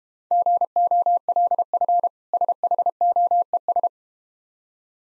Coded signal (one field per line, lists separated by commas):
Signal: Morse code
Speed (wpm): 32 wpm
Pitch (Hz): 700 Hz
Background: none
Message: GOLF SHOES